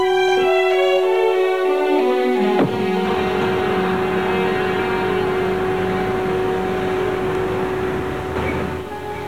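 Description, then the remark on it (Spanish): A dense, steady roar of traffic on the bustling streets of a grey city as three men walk through them, with rumbling engines, opening with a sustained, horn-like tone that gives way to continuous noise; no one speaks. “Nick, George y Joe caminan por las tumultuosas calles de la ciudad gris.”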